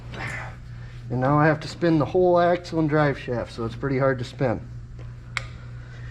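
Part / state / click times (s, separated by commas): manual locking hub on a 4x4 front axle / released / 5.4 s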